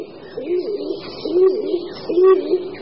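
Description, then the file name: Stock dove cooing: low, soft hollow coos repeated roughly every second in short rolling phrases, with no other clear sounds. "Holub-doupňák"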